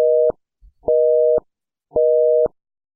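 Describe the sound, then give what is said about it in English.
A phone off-hook warning tone: a steady, mid-pitched electronic buzz that sounds in three even bursts of about half a second, each separated by a short silence, with no voices. “It's a Pranfunkel phone off hook, phone off hook.”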